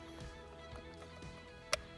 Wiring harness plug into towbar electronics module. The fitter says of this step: Lo mismo, escucharemos el clic.